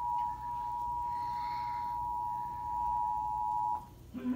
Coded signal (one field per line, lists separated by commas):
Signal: Emergency Alert System (SAME) tones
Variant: 853 and 960 Hz attention tone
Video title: Severe Thunderstorm Warning on The TV!!!! EAS 245 ( Maybe ) July 4th, 2020 Spectrum Cable During TWC